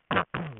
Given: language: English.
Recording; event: throat vibration sensor signal played as sound; throat clearing